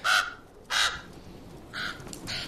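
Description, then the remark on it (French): A crow caws four times in harsh, raspy bursts, the first two loud and spaced apart, the last two softer and closer together, with no voices. “Don't listen to it. Crows are all liars.”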